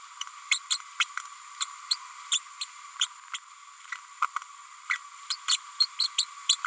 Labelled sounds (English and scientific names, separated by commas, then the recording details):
Green-rumped Parrotlet (Forpus passerinus) babbling
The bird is a female
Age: 30 days
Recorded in a nest box in Venezuela
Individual 17B102A6